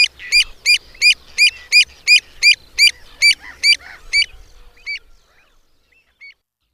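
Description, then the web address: Pied avocet calls: a fast, even series of ringing 'kluit' notes about three per second, slowing and fading, then one last note after a pause. "Madardalok Cd 3. Gulipán"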